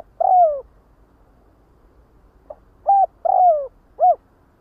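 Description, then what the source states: Spotted dove cooing: a long descending coo, then after a pause of about two seconds a phrase of short abrupt notes around another long descending coo. Calling the flock.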